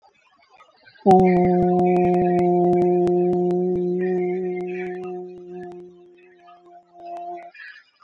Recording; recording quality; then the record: sustained vowel as in boot; moderate, slight background noise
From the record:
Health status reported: COVID-19 positive, mild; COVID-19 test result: positive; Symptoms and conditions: cough, breathing difficulty, sore throat, fever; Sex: male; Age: 35 years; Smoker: not ticked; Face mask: not worn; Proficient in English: yes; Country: India